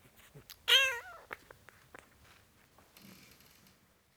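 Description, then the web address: Cat: kitten giving one loud mew near the start, followed by soft clicks, shuffling and a brief hiss-like rustle. Four-week-old kitten, domestic cat, meowing. "BBC Sound Effects Library. Four Week Old Kitten, Meowing"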